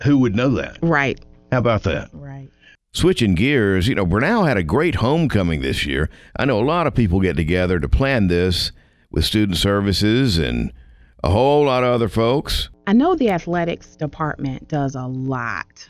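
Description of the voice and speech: A man speaks at an easy conversational pace, with clear consonants, steady voicing and natural pitch movement, in a quiet studio. A brief remark opens the clip. The speech is ordinary and fluent, with no hoarseness, slurring or stuttering.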